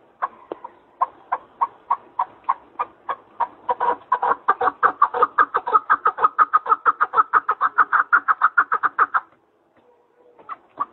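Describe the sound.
Partridge call series, spaced clucks accelerating into a loud fast chatter, then stopping abruptly, with a few faint notes after.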